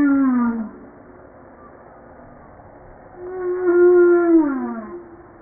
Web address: humpback